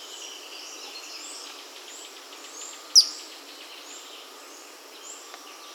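Madagascar pygmy kingfisher giving a single loud, thin, high-pitched squeak that drops quickly, midway through, over steady background noise.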